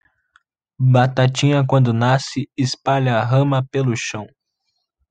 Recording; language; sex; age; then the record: short text; Brazilian Portuguese; male; 18 to 19 years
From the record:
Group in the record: control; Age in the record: 19 years